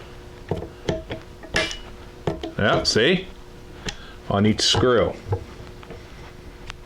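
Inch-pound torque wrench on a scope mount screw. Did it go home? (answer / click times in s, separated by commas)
yes / 6.7 s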